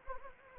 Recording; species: mosquito wingbeat signal from an infrared sensor; Anopheles gambiae